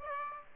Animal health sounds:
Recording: mosquito wingbeat signal from an infrared sensor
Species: Aedes aegypti

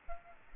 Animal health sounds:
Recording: mosquito wingbeat signal from an infrared sensor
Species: Aedes albopictus

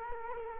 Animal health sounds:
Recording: mosquito wingbeat signal from an infrared sensor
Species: Culex quinquefasciatus

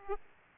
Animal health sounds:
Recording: mosquito wingbeat signal from an infrared sensor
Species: Aedes aegypti

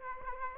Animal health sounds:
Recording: mosquito wingbeat signal from an infrared sensor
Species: Aedes aegypti

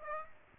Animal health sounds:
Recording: mosquito wingbeat signal from an infrared sensor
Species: Aedes aegypti

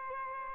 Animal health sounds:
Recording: mosquito wingbeat signal from an infrared sensor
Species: Aedes albopictus

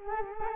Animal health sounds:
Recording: mosquito wingbeat signal from an infrared sensor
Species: Culex quinquefasciatus

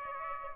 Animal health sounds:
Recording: mosquito wingbeat signal from an infrared sensor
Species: Aedes aegypti

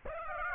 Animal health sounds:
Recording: mosquito wingbeat signal from an infrared sensor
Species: Aedes aegypti

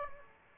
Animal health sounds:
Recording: mosquito wingbeat signal from an infrared sensor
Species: Aedes aegypti

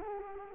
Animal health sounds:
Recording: mosquito wingbeat signal from an infrared sensor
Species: Culex quinquefasciatus

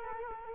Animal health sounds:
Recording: mosquito wingbeat signal from an infrared sensor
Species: Culex quinquefasciatus

